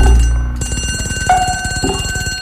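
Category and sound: signal or alarm, telephone ringing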